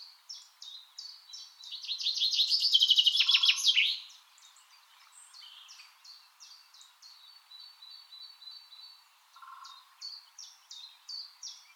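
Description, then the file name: Common chaffinch song: a descending series of bright notes ending in a flourish, set against a busy chorus of thin repeated chirps from other birds. "Fringilla coelebs"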